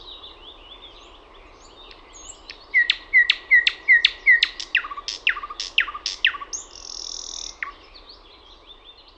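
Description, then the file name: Thrush nightingale singing softly at first, then a string of loud repeated notes and a short rasping buzz near the end. "SATAKIELI"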